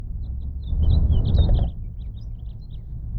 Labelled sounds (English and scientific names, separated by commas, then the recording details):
House Finch (Haemorhous mexicanus) song
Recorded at Atlantic Beach West on Long Island, New York, on 2 June 1975
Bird A